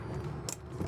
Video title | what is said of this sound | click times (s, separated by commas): 2026 Winnebago EKKO 23B Pop-Top | Click. Stop there. | 0.5 s